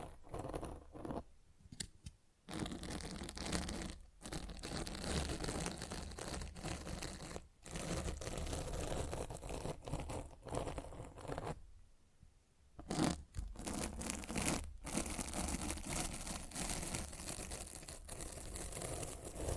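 Scratching and rubbing on a microphone fills most of the clip with dense, rough, crinkling noise that covers lows and highs alike. The noise comes in long bursts broken by short silent gaps, with a longer pause around 11 to 13 seconds.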